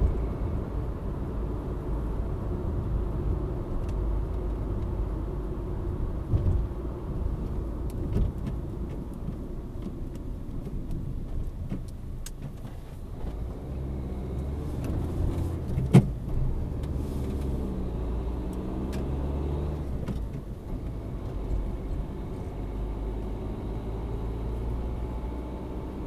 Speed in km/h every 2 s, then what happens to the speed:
72, 71, 64, 58, 39, 14, 9, 18, 23, 35, 36, 41, 46.
2-11 brakes to 9. 11-26 speeds up to 46.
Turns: 8-11.